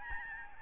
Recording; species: mosquito wingbeat signal from an infrared sensor; Aedes albopictus